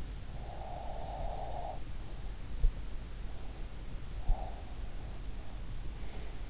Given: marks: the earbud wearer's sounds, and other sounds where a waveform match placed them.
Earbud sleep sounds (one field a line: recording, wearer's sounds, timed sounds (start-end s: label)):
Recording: sounds in sleep by an in-ear microphone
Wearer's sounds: breath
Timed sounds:
0.40-2.48 s: breath
3.85-5.85 s: breath